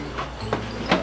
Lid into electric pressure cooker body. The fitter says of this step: Ela vai fazer um cliquezinho. É só achar o lugar certo, ó. Encaixei aqui, fechei.